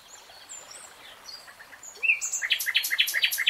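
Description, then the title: Nightingale song: soft scattered whistles, then a loud burst of fast repeated rattling notes. Nightingale singing in real time. "[Tiếng chim hót] 3 Hours REALTIME Nightingale Singing"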